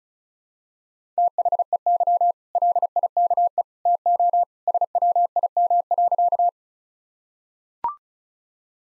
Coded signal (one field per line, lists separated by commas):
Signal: Morse code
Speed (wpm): 36 wpm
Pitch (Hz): 700 Hz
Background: none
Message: THEY LIKE TO SWIM.